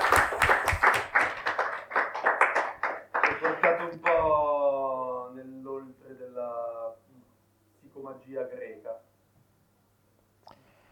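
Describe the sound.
A crowd applauds with dense, rapid clapping for about four seconds, the claps thinning out as it ends, and then someone begins speaking over a quiet background.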